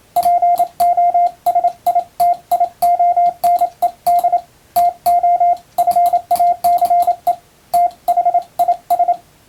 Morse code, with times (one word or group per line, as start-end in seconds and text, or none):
0.2-4.4 POSITIONED
4.8-5.5 TO
5.8-7.3 FACE
7.7-9.1 THIS